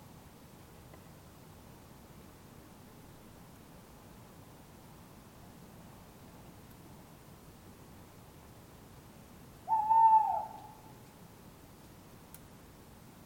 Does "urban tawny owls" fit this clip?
yes